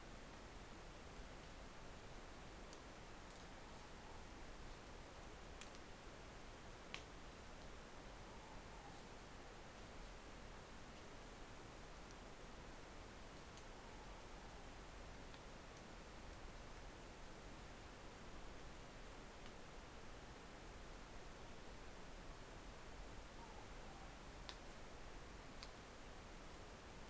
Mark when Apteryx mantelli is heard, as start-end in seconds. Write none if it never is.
none